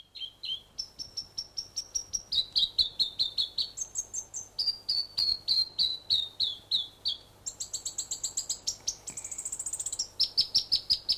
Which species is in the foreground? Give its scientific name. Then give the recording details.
Petroica longipes. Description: North Island robin/toutouwai song. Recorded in New Zealand